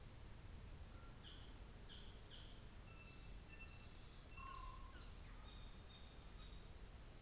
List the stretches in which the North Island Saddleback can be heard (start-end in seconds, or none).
1.08-6.69